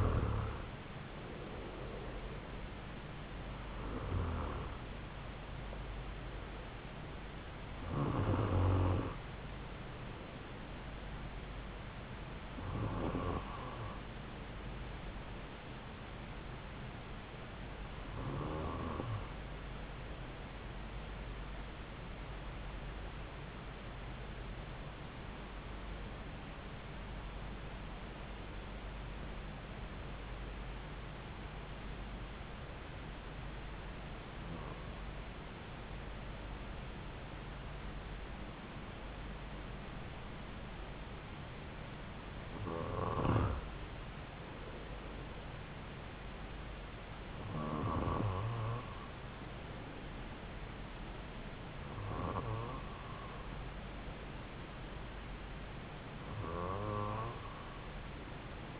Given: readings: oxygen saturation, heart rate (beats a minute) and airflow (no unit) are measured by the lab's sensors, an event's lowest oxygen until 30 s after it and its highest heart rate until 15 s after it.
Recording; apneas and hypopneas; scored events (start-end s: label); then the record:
breathing in sleep by a voice recorder at the bedside; 1
23.00-50.10 s: hypopnea (N2, oxygen 96% highest, then 93% lowest)
From the record:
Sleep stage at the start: N2 (light sleep); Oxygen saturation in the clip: 92 to 96%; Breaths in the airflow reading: 13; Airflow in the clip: -4.5 to 4.0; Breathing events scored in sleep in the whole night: 270 in 6.1 hours asleep